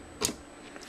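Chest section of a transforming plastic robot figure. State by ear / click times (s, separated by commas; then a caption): seated / 0.2 s. The chest section of a transforming plastic robot figure is flipped down and pushed into position, giving a sharp snap at 0.25 s, followed by a much fainter tick around 0.8 s. The snap shows the chest is fully seated.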